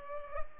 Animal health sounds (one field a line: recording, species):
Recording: mosquito wingbeat signal from an infrared sensor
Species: Culex pipiens